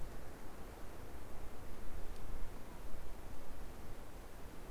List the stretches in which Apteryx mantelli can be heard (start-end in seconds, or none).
none